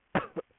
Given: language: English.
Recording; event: throat vibration sensor signal played as sound; cough